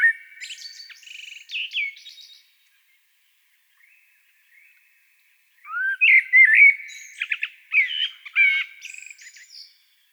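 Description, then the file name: Common blackbird song: the tail of one phrase with high twittering, a quiet gap, then another full phrase of mellow whistles and scratchy, squeaky notes. "Turdus merula"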